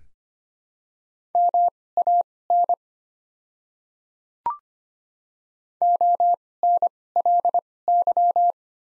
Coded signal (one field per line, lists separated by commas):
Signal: Morse code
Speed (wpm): 25 wpm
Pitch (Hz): 700 Hz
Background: none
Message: MAN ONLY